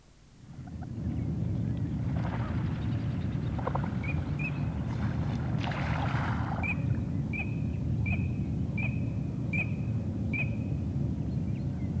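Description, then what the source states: Eurasian teal calls: short, high, clipped whistles in a series, over a constant low rumbling background noise. Field recording from Finland, released on cassette in 1988.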